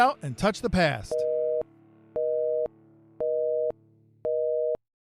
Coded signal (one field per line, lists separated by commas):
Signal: telephone call progress tone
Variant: North America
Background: speech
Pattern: busy tone